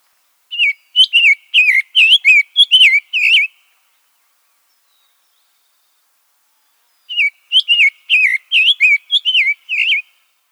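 Summer tanager song: two phrases of several short, slurred whistled notes in a quick run, separated by several seconds of silence.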